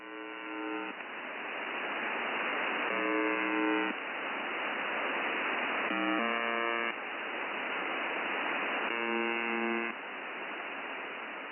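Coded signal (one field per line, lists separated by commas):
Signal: channel marker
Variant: UVB-76 style buzzer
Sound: four one-second rasping buzzes roughly every three seconds over steady radio hiss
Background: radio static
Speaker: listening on an SDR based in Russia revealed an extremely strong signal indicating that the transmitter site was likely based there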